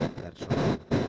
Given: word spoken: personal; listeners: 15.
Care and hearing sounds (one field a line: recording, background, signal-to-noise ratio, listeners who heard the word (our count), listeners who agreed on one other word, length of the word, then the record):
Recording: one Spanish word in noise, from a listening test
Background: noise modulated by one talker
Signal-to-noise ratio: -12.3 dB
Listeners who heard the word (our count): 2 of 15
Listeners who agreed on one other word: 9 of 15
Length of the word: 0.68 s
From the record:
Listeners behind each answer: 9, 2, 2, 2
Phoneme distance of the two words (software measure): 7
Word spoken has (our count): 3 syllables, 8 phonemes, stress on syllable 3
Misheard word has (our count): 3 syllables, 7 phonemes, stress on syllable 2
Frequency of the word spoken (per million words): 183.07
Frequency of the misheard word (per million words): 214.71